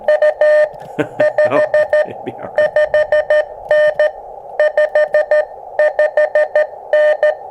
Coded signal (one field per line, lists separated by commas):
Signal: Morse code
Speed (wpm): 14 wpm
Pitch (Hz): 600 Hz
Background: none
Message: U 55N 55N